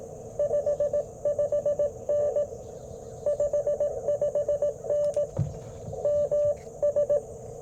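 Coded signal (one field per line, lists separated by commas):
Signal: Morse code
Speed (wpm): 19 wpm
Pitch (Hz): 590 Hz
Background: none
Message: 55N 55N MS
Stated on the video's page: QRP CW Parks on the Air activation at a national forest, Icom IC-705 with Alex Loop antenna, Modern Morse Nameless key.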